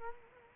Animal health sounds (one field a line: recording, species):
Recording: mosquito wingbeat signal from an infrared sensor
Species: Culex quinquefasciatus